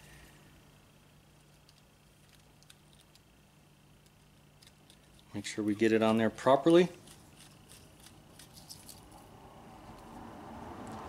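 A torque-limiting valve core tool is seated onto a valve stem and threading begins, with only soft handling taps and scrapes while someone talks briefly in the middle. Nothing has clicked yet; the tool's clutch has not slipped.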